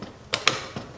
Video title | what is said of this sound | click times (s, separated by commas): How to Install Carbon Fiber Mirror Covers From Extreme Online Store on a CTS V | so don't force it use finesse you'll hear them click in in place you heard that on camera i'm sure | 0.3 s, 0.5 s